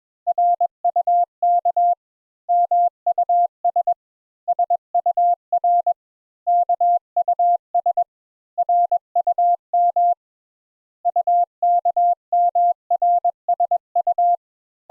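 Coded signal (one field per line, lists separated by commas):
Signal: Morse code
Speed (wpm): 21 wpm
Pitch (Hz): 700 Hz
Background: none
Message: RUK MUS SUR KUS RUM UKMRSU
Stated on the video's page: Morse introductory lesson on letters U and V.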